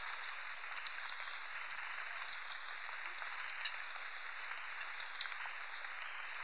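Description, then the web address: Capped Conebill giving sharp, very high chip notes at irregular intervals. Ecuador. "Natures Songs S America Birds of Ecuador Capped Conebill"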